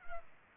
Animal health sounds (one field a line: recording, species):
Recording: mosquito wingbeat signal from an infrared sensor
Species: Culex pipiens